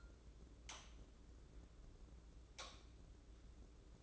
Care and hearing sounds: daily activity, microphone in the room; light off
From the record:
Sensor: 3

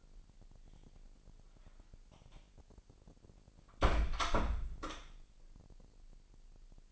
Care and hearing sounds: daily activity, microphone in the room; close door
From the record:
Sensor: 5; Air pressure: 1001.3 hPa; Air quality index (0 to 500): 248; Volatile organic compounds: 35 ppm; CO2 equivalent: 3062 ppm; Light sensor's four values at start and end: 36/82/33/31 and 36/82/33/31

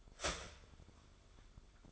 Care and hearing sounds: daily activity, microphone in the room; start toaster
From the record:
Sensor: 5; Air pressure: 1014.8 hPa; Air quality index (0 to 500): 204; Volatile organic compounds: 9 ppm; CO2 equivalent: 2172 ppm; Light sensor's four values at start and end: 15/35/13/12 and 15/35/13/12

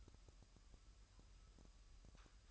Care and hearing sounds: daily activity, microphone in the room; take from stove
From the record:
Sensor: 2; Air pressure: 1001.9 hPa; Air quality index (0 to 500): 246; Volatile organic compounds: 35 ppm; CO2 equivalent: 3054 ppm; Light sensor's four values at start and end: 5/11/4/5 and 5/11/4/5

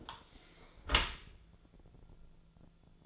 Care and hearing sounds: daily activity, microphone in the room; close dishwasher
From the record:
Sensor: 5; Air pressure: 1000.6 hPa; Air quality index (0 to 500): 151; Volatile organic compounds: 2 ppm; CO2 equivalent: 1164 ppm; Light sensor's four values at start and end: 43/97/42/45 and 42/96/41/44

